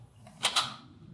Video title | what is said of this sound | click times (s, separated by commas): How to use Inhaler Devices Properly. Guest Speaker: Dr. Damien Fisher PharmD., AE-C | you don't tip your thumb and you're going to push it so you hear a click | 0.5 s